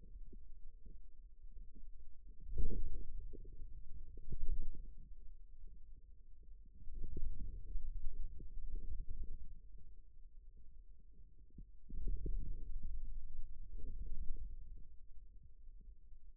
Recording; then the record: forearm muscle sounds (acoustic myography)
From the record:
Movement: wrist extension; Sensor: system 2, bracelet of six BSWA MPA416 microphones around the upper forearm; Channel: 5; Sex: male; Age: 22 years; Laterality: right